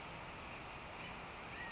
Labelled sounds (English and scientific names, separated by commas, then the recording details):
California Quail (Callipepla californica)
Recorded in Sonoma County, California